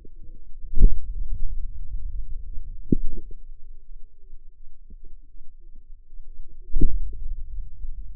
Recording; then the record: forearm muscle sounds (acoustic myography)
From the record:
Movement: hand closing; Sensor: system 2, bracelet of six BSWA MPA416 microphones around the upper forearm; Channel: 5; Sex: female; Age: 25 years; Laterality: right